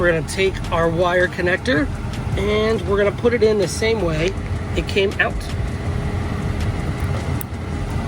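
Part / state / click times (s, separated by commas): screen wire connector into its mating socket behind the car's center touchscreen / seated / 7.4 s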